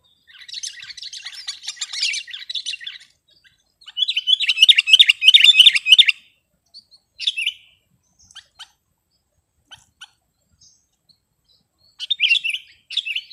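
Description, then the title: Sooty-headed bulbul singing in scattered bursts of chirpy, warbling notes, a louder phrase in the middle, then isolated notes and a final short burst. "kutilang"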